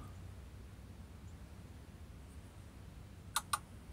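A click-type torque wrench set to 40 ft-lb tightens the oil drain plug into the oil pan of a 2020 Ram 3500 6.7L Cummins. After a steady low background rumble, two sharp clicks sound at 3.4 s and 3.5 s as the wrench reaches its setting, confirming the plug is torqued to 40 ft-lb.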